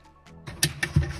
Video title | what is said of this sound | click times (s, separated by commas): EP1 Project Executive Drift Car. How to Install a Plug In Link Ecu? Full tutorial on how to install. | let's just insert that one more time until it clicks | 0.6 s